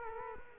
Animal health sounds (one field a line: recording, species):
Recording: mosquito wingbeat signal from an infrared sensor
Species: Culex quinquefasciatus